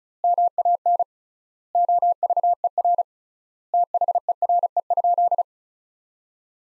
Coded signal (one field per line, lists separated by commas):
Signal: Morse code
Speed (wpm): 36 wpm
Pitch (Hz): 700 Hz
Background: none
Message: MAN OVER THERE?